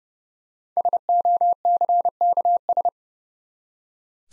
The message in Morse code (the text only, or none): SOCKS